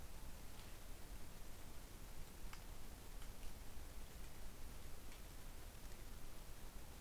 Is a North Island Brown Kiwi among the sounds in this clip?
no